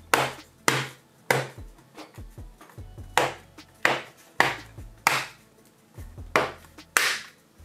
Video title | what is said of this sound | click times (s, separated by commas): LENOVO V17 Laptop / What are the Upgrade Options? | you have to hear the click sounds | 0.1 s, 0.7 s, 3.9 s, 4.4 s, 5.1 s, 7.0 s